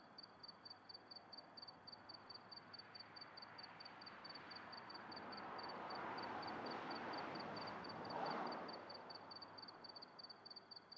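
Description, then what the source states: Steady rapid cricket chirps continue as a car drives by, its broad roar rising and falling over the middle seconds. Recorded at night in the countryside, with a car passing.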